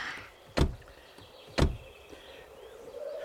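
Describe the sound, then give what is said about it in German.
A heavy car door is opened and held open for an old woman, with two solid metallic clunks about a second apart, followed by a faint, steady background hum and a soft rising whine. “Danke, dass Sie mir diese schwere Autotür aufhalten.”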